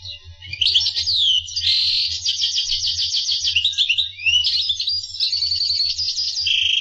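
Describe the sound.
Finch song: a fast run of high chirps, trills and downslurred notes, with rapid pulsed buzzy phrases, continuing for several seconds over a faint low hum.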